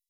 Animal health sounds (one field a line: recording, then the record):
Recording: hydrophone in a shrimp aquaculture tank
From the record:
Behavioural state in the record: weakened